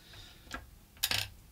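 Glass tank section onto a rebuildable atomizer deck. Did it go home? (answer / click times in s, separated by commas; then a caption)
yes / 1.0 s. The glass section of a Hellixer rebuildable vape tank is popped back on top of the rebuildable atomizer deck and pushed in. A light tap at 0.5 s is followed by a sharp click at 1.0 s with a brief rattle after it. The glass seats, clicked into place.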